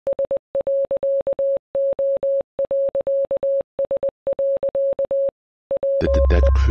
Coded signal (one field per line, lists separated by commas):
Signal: Morse code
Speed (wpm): 20 wpm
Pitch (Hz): 550 Hz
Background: none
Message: S.O.S. WE